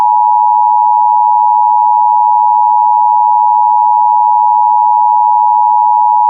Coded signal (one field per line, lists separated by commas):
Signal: Emergency Alert System (SAME) tones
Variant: 853 and 960 Hz attention tone